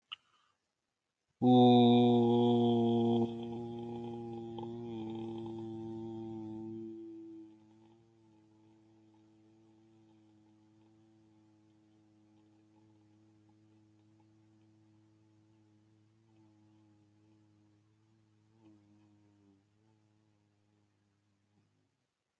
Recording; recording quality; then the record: sustained vowel as in boot; excellent, no background noise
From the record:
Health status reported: healthy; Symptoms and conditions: hypertension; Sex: male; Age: 48 years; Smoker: not ticked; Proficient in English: yes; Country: India